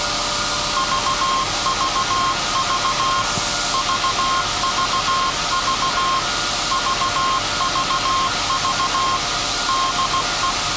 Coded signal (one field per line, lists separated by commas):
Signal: Morse code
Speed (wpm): 16 wpm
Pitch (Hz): 1060 Hz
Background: none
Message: VVV VVV VVV DE